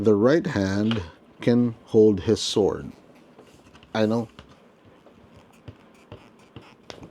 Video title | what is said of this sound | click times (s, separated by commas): Marvel Legends Nightcrawler Review - BAF Nemesis Wave X-Men Figure Unboxing | There we go. Pop. | 6.9 s